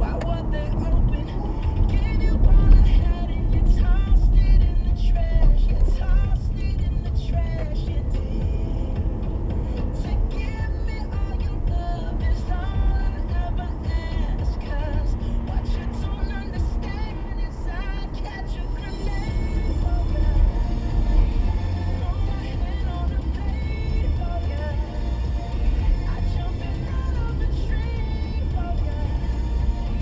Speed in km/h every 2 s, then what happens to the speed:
56, 39, 24, 31, 47, 55, 60, 61, 60, 55, 50, 45, 42, 40, 39.
0-4 brakes to 24. 5-13 speeds up to 61. 13-30 slows to 39.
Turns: 3-7.